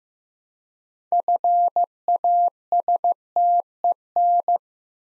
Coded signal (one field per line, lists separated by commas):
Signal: Morse code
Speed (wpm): 15 wpm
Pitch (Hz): 700 Hz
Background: none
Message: FASTEN